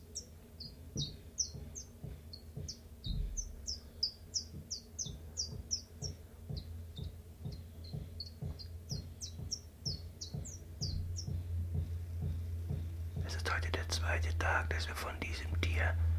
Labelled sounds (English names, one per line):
Common Chiffchaff